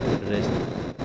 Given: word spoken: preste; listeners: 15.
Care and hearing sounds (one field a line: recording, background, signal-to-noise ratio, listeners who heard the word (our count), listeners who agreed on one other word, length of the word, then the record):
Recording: one Spanish word in noise, from a listening test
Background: noise modulated by three-talker babble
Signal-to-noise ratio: -4.4 dB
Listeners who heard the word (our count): 0 of 15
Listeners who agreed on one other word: 6 of 15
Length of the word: 0.65 s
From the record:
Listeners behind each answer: 6, 3, 2, 1, 1, 1, 1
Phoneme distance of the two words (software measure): 27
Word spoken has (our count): 2 syllables, 6 phonemes, stress on syllable 1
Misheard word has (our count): 2 syllables, 5 phonemes, stress on syllable 1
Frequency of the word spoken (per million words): 2.62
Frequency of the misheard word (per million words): 153.16